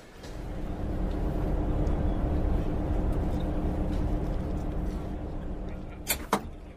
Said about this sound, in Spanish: ¿Por qué lo dices? Porque todo está muy limpio, ordenado y el autobús pasó a la hora exacta.